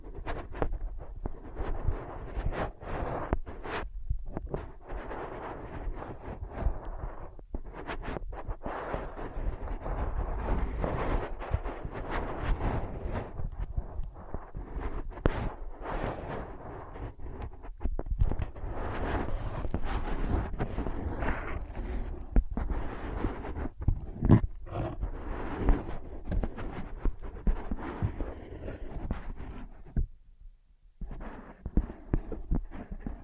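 Tapping, scratching and tracing on ear pads, heard as a dense, continuous rustle with a heavy low rumble underneath. Quick, irregular taps and scrapes come in bursts throughout, with brief quiet gaps near the start and a clear pause around thirty seconds.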